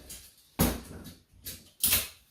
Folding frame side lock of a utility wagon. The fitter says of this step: Those two pieces will click in place.